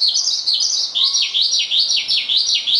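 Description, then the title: Javan bush lark giving a quick series of high, downward-slurred chirps in regular pulses. "Suara Burung Branjangan"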